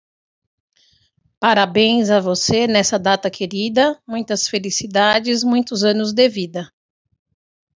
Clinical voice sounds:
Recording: short text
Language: Brazilian Portuguese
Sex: female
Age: 50 to 59 years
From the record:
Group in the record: control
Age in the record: 58 years

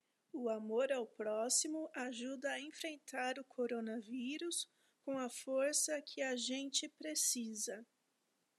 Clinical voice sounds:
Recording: spoken sentence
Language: Brazilian Portuguese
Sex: female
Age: 40 to 49 years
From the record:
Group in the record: control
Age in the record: 41 years

